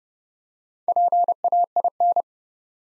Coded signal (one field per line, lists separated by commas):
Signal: Morse code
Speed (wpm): 29 wpm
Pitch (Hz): 700 Hz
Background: none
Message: PAIN